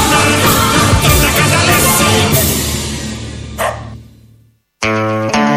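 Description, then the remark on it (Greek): A dense, loud wash of sound fades into a brief silence, then a small dog lets out a short pair of high, sharp barks right at the end. “Και ένα σκυλάκι στο τέλος να επικρότει”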